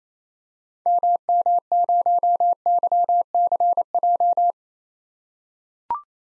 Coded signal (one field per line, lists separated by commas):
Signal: Morse code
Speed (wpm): 28 wpm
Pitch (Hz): 700 Hz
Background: none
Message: MM0YCJ